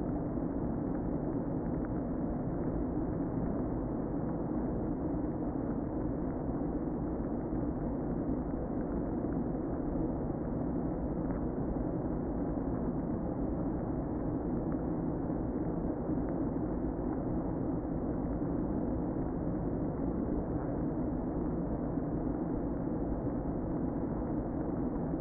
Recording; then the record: honeybee colony, microphone inside the hive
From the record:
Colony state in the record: queen present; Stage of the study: before two queens were removed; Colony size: about 60,000 bees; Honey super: yes